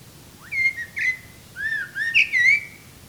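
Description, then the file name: Common blackbird giving several short whistled notes, the first rising, with faint harmonics. "Turdus merula"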